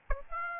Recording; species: mosquito wingbeat signal from an infrared sensor; Aedes albopictus